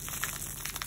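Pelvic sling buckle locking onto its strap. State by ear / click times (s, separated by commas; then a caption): not seated / none. The two brown handles of a pelvic sling are pulled apart to tighten its fabric band around a patient's pelvis, producing soft, continuous rustling with a few brief, faint ticks. The buckle has not clicked or locked onto its strap yet; nothing has seated.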